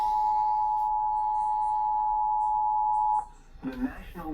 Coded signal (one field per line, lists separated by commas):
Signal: Emergency Alert System (SAME) tones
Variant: 853 and 960 Hz attention tone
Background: speech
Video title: Eas Hgx svr on WWG40, KHB40, KUHT 8.1 Eas#1631-1633